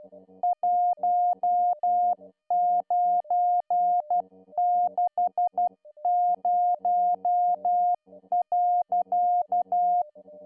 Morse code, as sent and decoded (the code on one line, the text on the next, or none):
.---- ----. -.... ----- .-.-.-
1960.